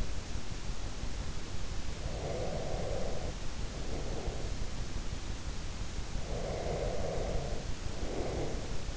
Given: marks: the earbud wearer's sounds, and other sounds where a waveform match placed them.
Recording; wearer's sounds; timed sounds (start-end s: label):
sounds in sleep by an in-ear microphone; breath
2.00-4.71 s: breath
6.14-8.97 s: breath